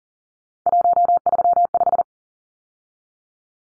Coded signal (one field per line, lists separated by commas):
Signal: Morse code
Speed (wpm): 40 wpm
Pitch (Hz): 700 Hz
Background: none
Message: 135